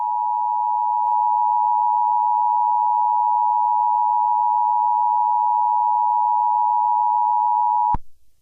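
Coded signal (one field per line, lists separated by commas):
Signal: Emergency Alert System (SAME) tones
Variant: 853 and 960 Hz attention tone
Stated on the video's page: Fictional EAS scenario, not a real alert.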